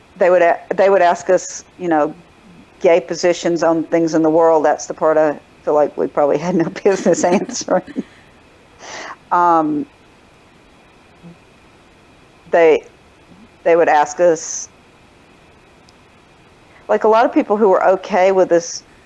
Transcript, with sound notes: They would ask—they would ask us, you know, gay positions on things in the world… That’s the part I feel like we probably had no business [laughter] They—they would ask us… like, a lot of people who were okay with us